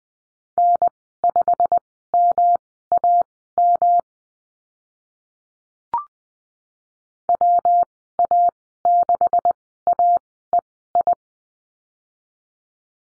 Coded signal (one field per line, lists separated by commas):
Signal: Morse code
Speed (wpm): 20 wpm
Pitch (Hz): 700 Hz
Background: none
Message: N5MAM WA6AEI